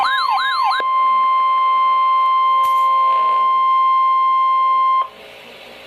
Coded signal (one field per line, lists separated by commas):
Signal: Emergency Alert System (SAME) tones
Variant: 1050 Hz attention tone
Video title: Severe Thunderstorm Warning #9 - 05/03/12 (EAS #183)